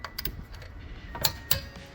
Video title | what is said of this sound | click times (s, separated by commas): This Fixed My ABS Warning Light - Fabia DIY Rear Sensor | Go until it clicks. Opposite side now. | 1.2 s, 1.5 s